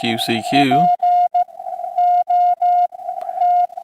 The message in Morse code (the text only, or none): POT